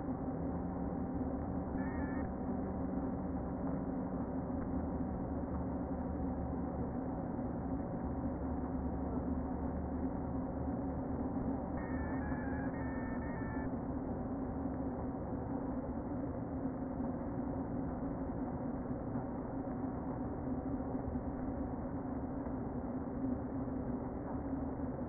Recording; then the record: honeybee colony, microphone inside the hive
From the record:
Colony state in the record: queen present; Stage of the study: before two queens were removed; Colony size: about 60,000 bees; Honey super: yes